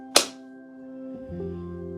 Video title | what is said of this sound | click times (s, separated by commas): How to use Olympus 35 RC Rangefinder Camera Tutorial | just push it until you hear the click, | 0.2 s